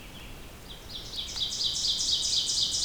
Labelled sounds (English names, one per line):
Ovenbird song